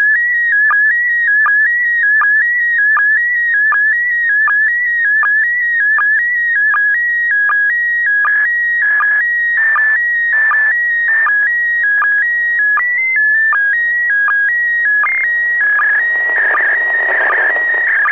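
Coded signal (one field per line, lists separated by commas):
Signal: SSTV (slow-scan television)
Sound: steady warbling tone between two pitches, broken by short low sync blips about every 0.8 seconds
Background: radio static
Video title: SSTV decoding from ISS pass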